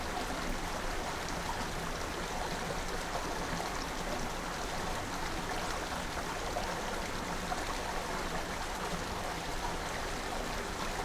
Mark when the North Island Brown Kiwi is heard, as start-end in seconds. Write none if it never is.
none